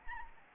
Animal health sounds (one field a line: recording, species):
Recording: mosquito wingbeat signal from an infrared sensor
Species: Anopheles gambiae